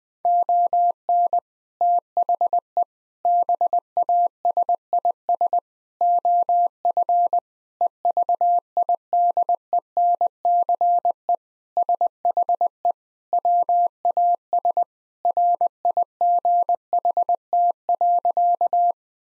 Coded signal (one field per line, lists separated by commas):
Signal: Morse code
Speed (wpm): 20 wpm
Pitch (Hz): 700 Hz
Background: none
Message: ON THE BASIS OF EVIDENCE SHE WAS RIGHT.